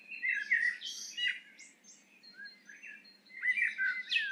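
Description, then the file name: Eurasian blackbird song: short mellow whistled phrases mixed with high, thin squeaks. "Turdus merula"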